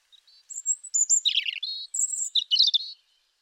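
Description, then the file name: European robin song with high silvery whistles interrupted by scratchy warbled bursts. "Erithacus rubecula"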